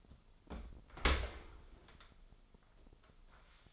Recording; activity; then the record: daily activity, microphone in the room; open dishwasher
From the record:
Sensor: 5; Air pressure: 996.0 hPa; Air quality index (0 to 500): 101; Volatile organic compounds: 7 ppm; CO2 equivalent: 1950 ppm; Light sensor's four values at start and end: 42/99/41/44 and 41/98/41/44